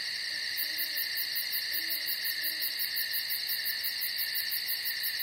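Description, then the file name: Cricket giving a continuous shrill trill, its rapid pulsed upper tone starting after half a second, with soft low hoots faintly behind. "Strekotanie sverchka"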